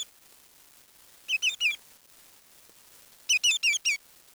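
Bird chirps in two bursts of three or four rapid high, sharply inflected notes, separated by about one and a half seconds of quiet.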